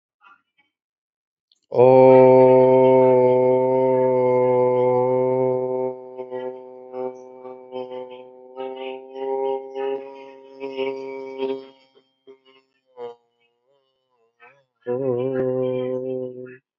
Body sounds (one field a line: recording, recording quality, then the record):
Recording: sustained vowel as in boot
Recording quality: excellent, no background noise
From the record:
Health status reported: healthy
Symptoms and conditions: none ticked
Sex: male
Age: 39 years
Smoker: not ticked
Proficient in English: yes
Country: India